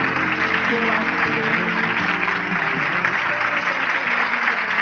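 Sustained audience applause, a dense, steady wash of many hands clapping at an even loudness for several seconds, with a faint murmur of crowd voices underneath.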